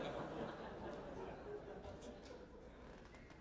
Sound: laughter